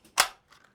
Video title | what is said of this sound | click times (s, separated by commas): Why are people buying the PSA Micro Dagger? | here we have a tier one concealed Glock 43x MOS holster you can hear it clicks in really nice | 0.2 s